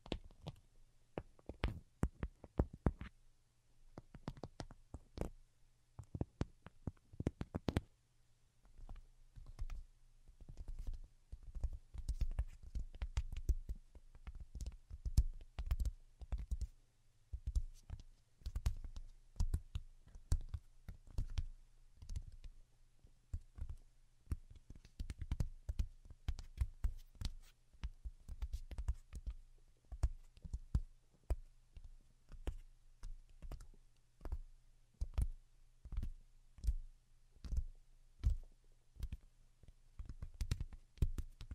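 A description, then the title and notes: Delicate tapping in quick, irregular bursts of sharp clicks throughout, thinning briefly around nine seconds, over a faint steady low hum. Most Delicate and Calming Tapping. (No Talking).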